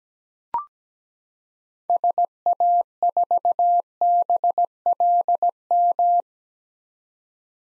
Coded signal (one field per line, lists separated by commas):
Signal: Morse code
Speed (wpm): 17 wpm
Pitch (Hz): 700 Hz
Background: none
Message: SA4BLM